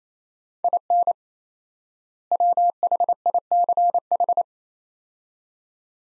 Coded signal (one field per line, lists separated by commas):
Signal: Morse code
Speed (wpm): 27 wpm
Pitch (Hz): 700 Hz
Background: none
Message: IN WHICH